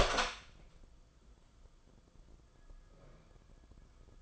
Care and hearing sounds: daily activity, microphone in the room; open door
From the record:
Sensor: 5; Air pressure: 994.4 hPa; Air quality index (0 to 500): 185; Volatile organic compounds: 1000 ppm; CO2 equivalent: 5467 ppm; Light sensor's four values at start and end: 18/45/19/22 and 20/51/21/24

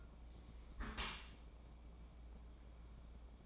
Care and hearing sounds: daily activity, microphone in the room; close dishwasher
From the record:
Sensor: 1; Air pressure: 1012.4 hPa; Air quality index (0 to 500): 173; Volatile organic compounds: 3 ppm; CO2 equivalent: 1413 ppm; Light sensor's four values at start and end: 338/768/341/373 and 335/764/339/370

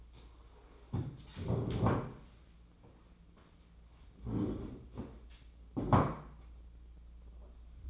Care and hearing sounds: daily activity, microphone in the room; stand up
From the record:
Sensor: 1

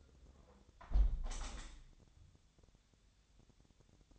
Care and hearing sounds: daily activity, microphone in the room; close window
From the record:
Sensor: 3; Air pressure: 1014.9 hPa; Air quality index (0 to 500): 58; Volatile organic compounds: 1 ppm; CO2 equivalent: 752 ppm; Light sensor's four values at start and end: 9/22/9/9 and 9/22/9/9

